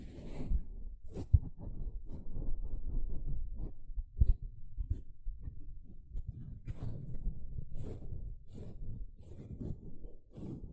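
A sponge is squished and scrubbed in dense, uneven low rubbing strokes, with occasional sharper bright scratches and brief pauses throughout.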